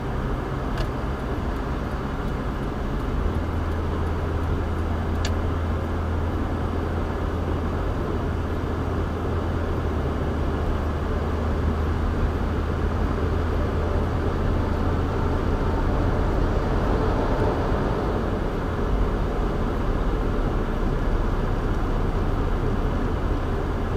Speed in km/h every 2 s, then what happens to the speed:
85, 87, 90, 92, 93, 97, 101, 105, 109, 108, 105, 103.
0-16 speeds up to 109. 16-24 slows to 103.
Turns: none.